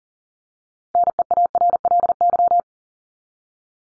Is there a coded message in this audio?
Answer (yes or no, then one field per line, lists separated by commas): yes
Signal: Morse code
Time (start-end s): 1.0-2.6 s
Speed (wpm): 40 wpm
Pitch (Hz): 700 Hz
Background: none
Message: NEARLY